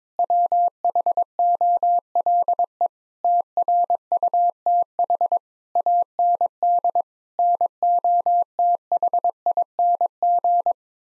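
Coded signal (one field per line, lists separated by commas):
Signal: Morse code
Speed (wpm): 22 wpm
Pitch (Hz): 700 Hz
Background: none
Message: WHOLE TRUTH AND NOTHING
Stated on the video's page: Morse head-copy practice of sentences at 22 wpm, each sent, then spoken, then sent again.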